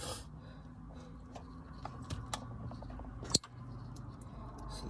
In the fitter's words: See, I heard it pop.